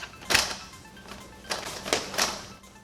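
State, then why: Not seated. A child fits a plastic piece into a Hot Wheels Toxic Gorilla Slam Gas Station & Tire Repair Shop toy playset while background music plays. Soft plastic thunks and knocks come at about 0.4, 1.5 and 1.9 seconds. The piece has not clicked or seated into place yet.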